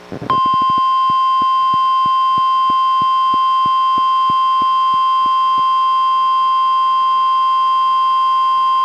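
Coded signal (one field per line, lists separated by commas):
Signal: Emergency Alert System (SAME) tones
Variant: 1050 Hz attention tone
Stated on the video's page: NOAA Weather Radio Required Weekly Test relayed by an Astoria station, recorded from a Reecom R-1630 weather radio through a Zoom H1 recorder.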